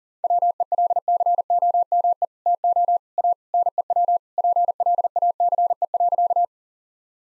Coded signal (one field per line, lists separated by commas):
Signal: Morse code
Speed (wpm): 40 wpm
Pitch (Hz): 700 Hz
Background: none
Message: WELCOME TO A NEW PLACE.